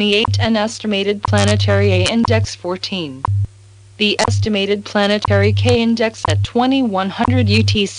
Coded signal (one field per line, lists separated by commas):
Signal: radio time signal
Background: speech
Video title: WWV Space Weather | Signal Phantom